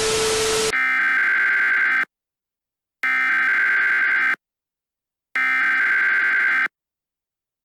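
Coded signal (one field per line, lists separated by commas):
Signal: Emergency Alert System (SAME) tones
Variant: header bursts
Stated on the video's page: Fictional EAS scenario alert, recorded in a game made for the recording.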